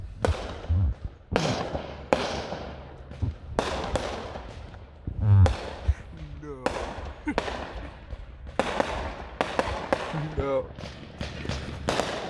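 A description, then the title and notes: Fireworks pop and bang sharply on a back porch every second or so, with crackling tails, whistling streaks and voices between bursts. Me and my friend pranking his dad with fireworks on the back porch.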